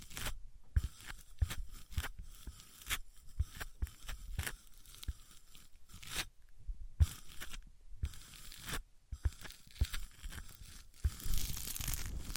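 Irregular crunching, scraping and tearing sounds of materials being handled, in short bursts separated by brief silences, growing denser near the end.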